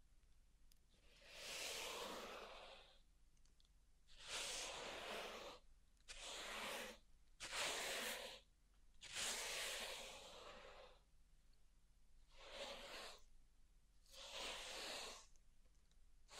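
Pink salt in a zen garden is swept in a series of soft, hissing, gritty strokes, each lasting one to two seconds, with short quiet gaps between them. About seven strokes come at an uneven pace, some louder and brighter than others.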